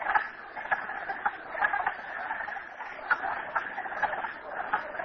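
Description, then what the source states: Frogs calling in a dense chorus, a continuous wash of overlapping clucking, croaking notes with short louder bursts scattered through it. Recorded at Merryspring.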